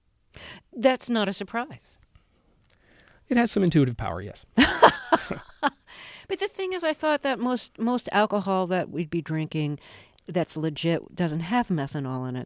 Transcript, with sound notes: That's not a surprise?
It has some intuitive power, yes.
(Laughing.) But the thing is, I thought that most alcohol that we'd be drinking that's legit doesn't have methanol in it.